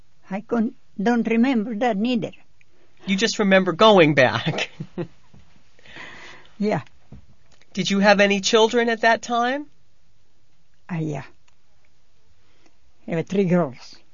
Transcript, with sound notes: I couldn't, I don't remember that neither.
You just remember going back. ( he laughs )
Yeah.
Did you have any children at that time?
Yeah. I had three girls.